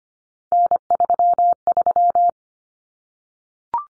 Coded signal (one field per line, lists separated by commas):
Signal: Morse code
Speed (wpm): 25 wpm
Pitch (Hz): 700 Hz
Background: none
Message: N33